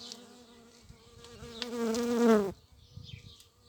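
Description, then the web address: Bees and mason bees: flight buzz, a low droning hum rich in harmonics, swelling and falling slightly in pitch over about two and a half seconds, then stopping abruptly. Bees and a mason bee in flight; file labelled 220507. "Vols Bourdnabeilles 220507-Abeillesetosmie"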